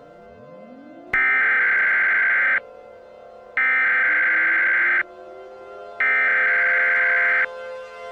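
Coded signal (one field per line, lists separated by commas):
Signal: Emergency Alert System (SAME) tones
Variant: header bursts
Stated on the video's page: Fictional EAS scenario, not a real alert.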